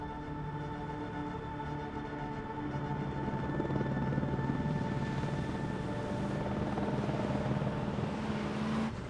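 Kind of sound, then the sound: vehicle, helicopter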